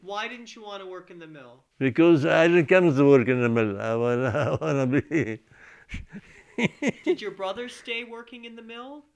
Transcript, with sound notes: Why didn't you want to work in the mill?
Because I didn't come to work in the mill. (laughing) I was - I wanna be --
Did your brother stay working in the mill?